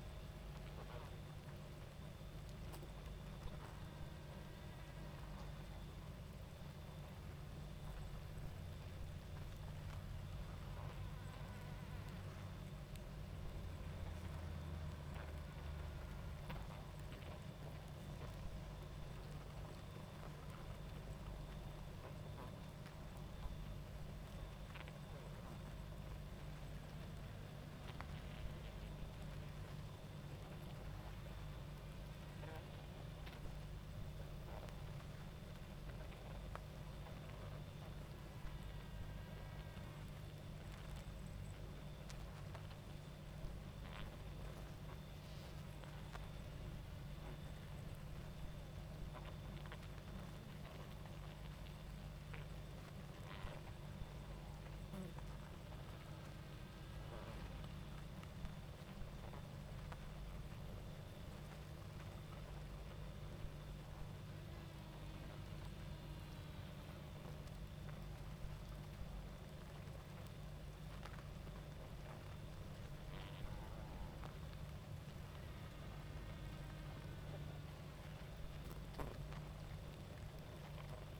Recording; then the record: honeybee colony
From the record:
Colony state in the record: active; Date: 28 July 2017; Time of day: 21:58